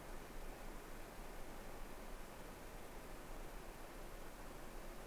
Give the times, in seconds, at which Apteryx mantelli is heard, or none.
none